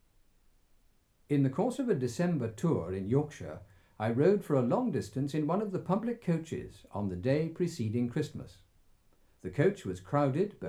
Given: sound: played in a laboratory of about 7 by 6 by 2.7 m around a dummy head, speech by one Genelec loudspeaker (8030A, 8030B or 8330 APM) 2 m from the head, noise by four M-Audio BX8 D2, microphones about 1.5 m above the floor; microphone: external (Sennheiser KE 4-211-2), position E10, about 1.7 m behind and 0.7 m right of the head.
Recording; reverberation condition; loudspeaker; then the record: male speech in English; low; behind (180 degrees)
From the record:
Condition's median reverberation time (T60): about 310 ms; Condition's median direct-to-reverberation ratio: about 3.5 dB